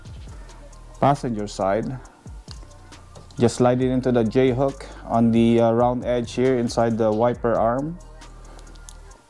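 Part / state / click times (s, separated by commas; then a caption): wiper blade adapter onto wiper arm J-hook / seated / 8.9 s. A passenger-side wiper blade adapter is slid into the J-hook on the wiper arm and pushed up while someone talks. Small clicks sound near 8.6 s and 8.8 s, then a sharper click at 8.9 s as the blade seats and locks onto the arm.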